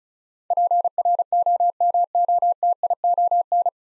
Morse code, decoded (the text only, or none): PROMOTION